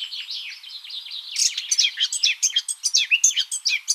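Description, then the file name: Eurasian blackcap warbling song, soft twittering that builds into a rapid string of scratchy notes and bright whistles. "Sylvia atricapilla"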